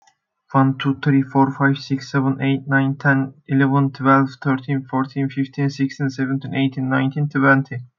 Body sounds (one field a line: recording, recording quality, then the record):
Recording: counting at a fast pace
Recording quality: excellent, no background noise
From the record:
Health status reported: healthy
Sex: male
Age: 21 years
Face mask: not worn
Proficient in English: yes